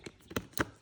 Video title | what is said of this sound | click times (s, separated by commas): IG692 2015 GLK Stereo replacement - the install #carstereo | hook that and snap it into place. And there we are. It's in. It's installed. | 0.4 s, 0.6 s